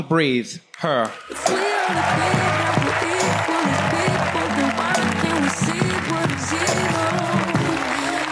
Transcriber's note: applause